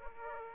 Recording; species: mosquito wingbeat signal from an infrared sensor; Aedes aegypti